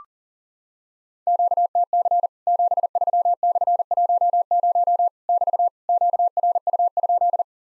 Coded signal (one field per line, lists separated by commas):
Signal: Morse code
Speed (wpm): 40 wpm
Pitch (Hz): 700 Hz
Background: none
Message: QTC 73/10 <BT> QRU?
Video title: Worked All Europe DX Contest QTC Exchange with Repeats 40wpm